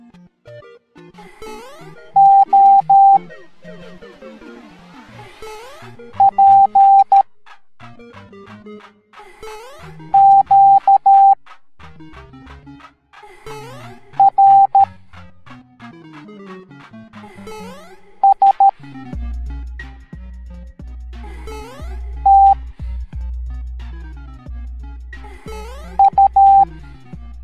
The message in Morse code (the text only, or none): O P Q R S T U